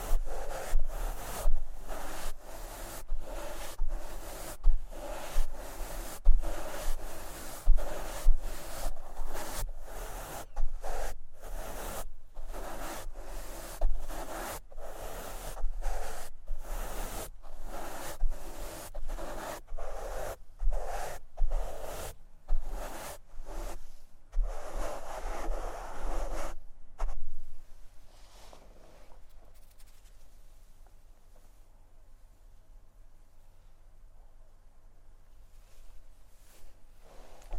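A microphone is scratched and brushed in quick, repeated strokes, each a rough rasping swipe, coming several times a second for about 27 seconds. Then the rubbing stops abruptly, leaving a faint low hum and quiet hiss until the end.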